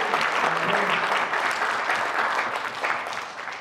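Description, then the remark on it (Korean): An audience at a church service applauds to give glory to God, with sustained, dense clapping that stays steady and loud throughout, with no one speaking over it. “큰 박수로 은혜가 누려드리겠습니다.”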